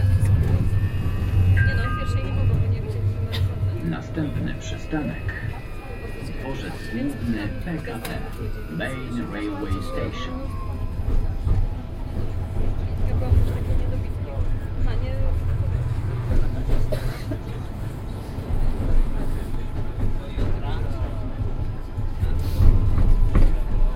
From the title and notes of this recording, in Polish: Lokalizacja: ulica Dyrekcyjna, Krzyki. Rozmowy pasażerów, zapowiedzi przystanków. Rekorder, mikrofon: Soundman OKMII (binauralne), Sony PCM D50. Autor nagrania: Bartosz Grzyb. Przejazd tramwajem Plus linii 32. Nagranie między przystankami Dworzec Autobusowy i Arkady Capitol.